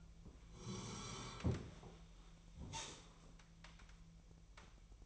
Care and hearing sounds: daily activity, microphone in the room; sit down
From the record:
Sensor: 1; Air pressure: 1002.0 hPa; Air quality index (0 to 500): 243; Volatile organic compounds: 107 ppm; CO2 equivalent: 3800 ppm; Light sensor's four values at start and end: 10/24/10/11 and 10/24/10/11

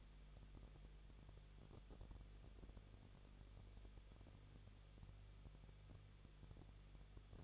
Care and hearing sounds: daily activity, microphone in the room; no activity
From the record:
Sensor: 4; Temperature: 23.1 degrees Celsius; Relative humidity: 34.0%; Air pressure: 1007.2 hPa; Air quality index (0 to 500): 215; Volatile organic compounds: 15 ppm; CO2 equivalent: 2490 ppm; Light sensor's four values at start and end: 2/3/1/1 and 2/3/1/1

